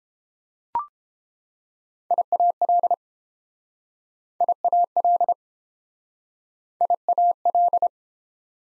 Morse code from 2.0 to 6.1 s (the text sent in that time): IAL IAL